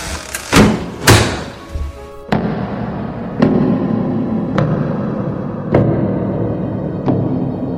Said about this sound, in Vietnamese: Chừng một phút sau, thấp thoáng nghe thấy tiếng đóng cửa và tiếng chân bước.